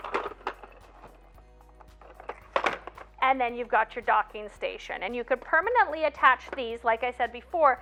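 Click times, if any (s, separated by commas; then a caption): 0.5 s, 2.6 s. Plastic adapter wings for a pocket hole jig are placed underneath and pressed into the docking station, seating with two sharp snaps at 0.5 s and 2.6 s during a quiet stretch. Someone then talks over the remaining seconds.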